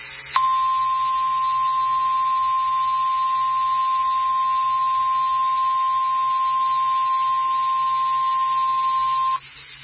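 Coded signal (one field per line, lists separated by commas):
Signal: Emergency Alert System (SAME) tones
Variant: 1050 Hz attention tone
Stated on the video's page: Severe thunderstorm warning from Shreveport office on weather radio station WXK23.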